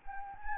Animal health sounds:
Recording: mosquito wingbeat signal from an infrared sensor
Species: Anopheles gambiae

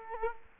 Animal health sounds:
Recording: mosquito wingbeat signal from an infrared sensor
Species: Culex quinquefasciatus

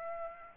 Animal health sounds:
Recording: mosquito wingbeat signal from an infrared sensor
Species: Aedes aegypti

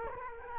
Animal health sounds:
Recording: mosquito wingbeat signal from an infrared sensor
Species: Culex quinquefasciatus

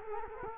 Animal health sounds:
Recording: mosquito wingbeat signal from an infrared sensor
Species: Culex quinquefasciatus

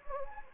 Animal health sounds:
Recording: mosquito wingbeat signal from an infrared sensor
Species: Anopheles gambiae

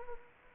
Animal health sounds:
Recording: mosquito wingbeat signal from an infrared sensor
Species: Anopheles gambiae

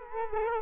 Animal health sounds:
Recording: mosquito wingbeat signal from an infrared sensor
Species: Culex quinquefasciatus

